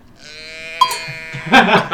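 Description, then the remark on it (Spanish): A person doing a Foley imitation of a sheep gives a long wavering bleat with a rich, nasal harmonic tone, then a louder, rougher burst near the end, with no other sounds around it. “Sí, no, es cierto, eran ovejas.”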